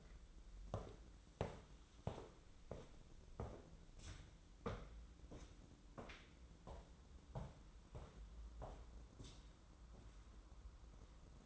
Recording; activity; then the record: daily activity, microphone in the room; walk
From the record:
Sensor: 3